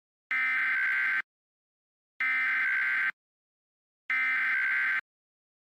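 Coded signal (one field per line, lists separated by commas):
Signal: Emergency Alert System (SAME) tones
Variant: header bursts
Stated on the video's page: EAS recreation of a past tornado event, not a live alert.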